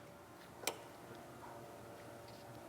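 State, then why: Seated. An Aimfront handle scale is set down over the pivot and washer onto the liner of a Spyderco Para 3 LW folding knife and aligned. A single sharp, bright click at 0.7 s marks the scale snapping into place over the pivot, with faint quiet handling sounds around it. The scale is seated.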